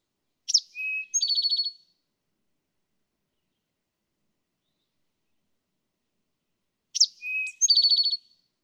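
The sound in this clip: Eastern towhee song, two phrases about six seconds apart, each a sharp high note, a lower steady whistle, then a fast buzzy trill, on a silent background.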